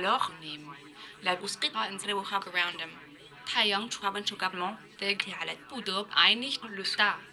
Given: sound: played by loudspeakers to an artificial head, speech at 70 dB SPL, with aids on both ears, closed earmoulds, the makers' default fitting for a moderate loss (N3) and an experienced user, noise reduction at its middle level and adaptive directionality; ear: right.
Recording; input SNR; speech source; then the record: speech test signal (ISTS) in cocktail-party noise; +9 dB; on the right (90 degrees)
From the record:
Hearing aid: class 1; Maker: E